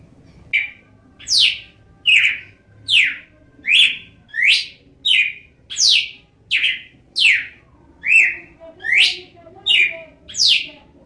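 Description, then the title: Red-cowled cardinal song: a steady run of loud, clear whistled notes, each sweeping sharply downward, delivered a little faster than one per second without pause. "Galo de Campina"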